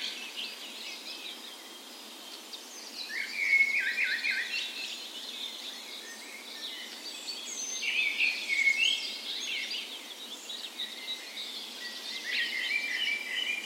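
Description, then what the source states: Birds: bird dawn chorus with layered twittering and short whistled notes, swelling louder after the third second and staying busy to the end. Spring dawn chorus in a park west in Bergen, Norway, morning of 17 May, Norway's National Day; Sony PCM A10 recorder with LOM micro Usi mics as tree ears.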